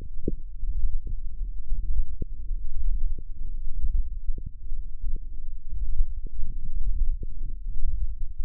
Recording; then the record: forearm muscle sounds (acoustic myography)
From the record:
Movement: radial deviation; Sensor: system 1, eight BSWA MPA416 microphones around the upper forearm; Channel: 8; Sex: male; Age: 21 years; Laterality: right